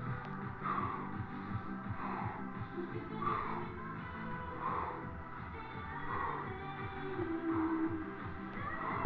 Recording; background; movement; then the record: deep breathing; music; walking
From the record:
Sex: male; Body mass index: 22.0 kg/m2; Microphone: on the chest, facing the body